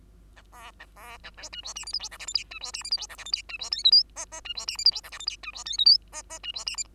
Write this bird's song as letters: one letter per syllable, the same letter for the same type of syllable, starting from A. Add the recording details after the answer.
A B A B A C D E F G H I J K L M D E F G H I J K L M D E N O P Q Q D E F G H I J K L M D E N O P Q Q D E F G. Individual Bird2